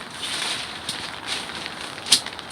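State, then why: Seated. A folding camp cot is set up inside a tent by pressing its frame and leg joints until they lock. Faint taps and rustling lead up to one sharp, loud snap at 2.1 s, followed by a few quieter ticks. The folding leg and frame joint locks into place, leaving the cot good and sturdy.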